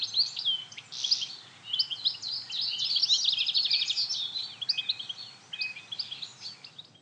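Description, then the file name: European goldfinch song, a rapid jumble of bright high chirps and twittering trills in a continuous rambling flow. "Carduelis carduelis"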